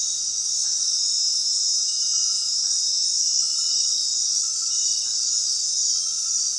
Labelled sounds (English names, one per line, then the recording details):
none
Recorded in dense forest near Puerto Asís, Putumayo, Colombia, on 20 February 2024 at 21:30
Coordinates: 0.466, -76.327
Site G6413